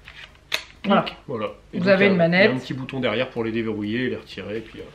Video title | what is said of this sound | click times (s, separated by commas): [Jeux vidéos] La Switch : notre retour 1an après 🕹🎮 | Ça se glisse tout simplement. Voilà, clic. ça se clipse. | 0.5 s